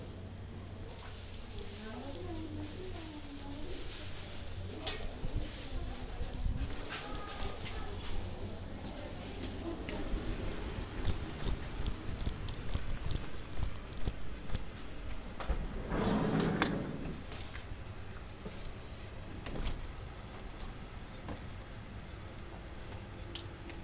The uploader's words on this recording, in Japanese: 環境音 直売所へ店出し。